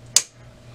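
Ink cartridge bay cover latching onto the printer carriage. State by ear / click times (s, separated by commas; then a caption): seated / 0.2 s. On an Epson WorkForce WF-7710 printer, after the ink cartridges are replaced, the plastic cover over the cartridge bay is lowered and pushed all the way down onto the printer carriage. A single sharp, bright click sounds at 0.2 s over a faint steady low hum. The cover latches shut into position.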